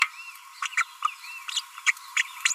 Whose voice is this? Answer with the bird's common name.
Green-rumped Parrotlet